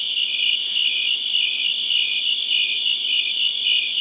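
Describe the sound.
Cricket gives high chirps repeating quickly and evenly over a sustained shrill drone.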